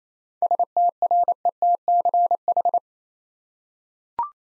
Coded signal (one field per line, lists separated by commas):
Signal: Morse code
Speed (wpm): 27 wpm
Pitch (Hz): 700 Hz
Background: none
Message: STRETCH